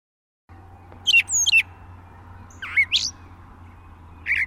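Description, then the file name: Brown thrasher song, a few sparse phrases of sharp and slurred high notes, with gaps between. "suara kicauan brown thrasher. omkicau"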